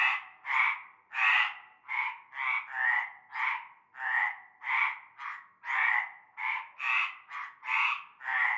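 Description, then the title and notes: Frog croaks in a busy chorus, rasping bursts of varying length and loudness following one another irregularly. Frog chorus starting at nightfall in a large concrete basin with stagnant greenish water, Avenue Cante Coucou, La Ciotat, Bouches-du-Rhône, France. "Avenue Cante Coucou, Groupède, La Ciotat, Marseille, Bouches-du-Rhône, Provence-Alpes-Côte d'Azur, France métropolitaine, 13600, France - cœur de grenouilles. Une grande vasque en béton, un fond d'eau verdâtre croupissant. et un cœur de grenouilles dès la nuit tombée"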